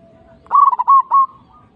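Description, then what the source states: Zebra dove song: a single phrase of quick, stuttering coos running into a smooth, sustained final note. Local bird.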